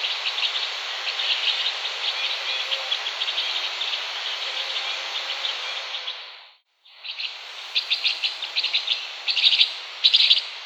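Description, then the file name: Two-barred crossbill calls: rapid, irregular chips over a steady hiss, a brief silent break after six seconds, then louder clustered chips toward the end. "bandelkorsnabb"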